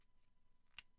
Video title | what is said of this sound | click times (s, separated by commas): Ramm Tactical P365 Leverage Trigger Kit Installation | clicks into place here's your pilot holes on each side | 0.8 s